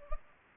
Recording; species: mosquito wingbeat signal from an infrared sensor; Culex pipiens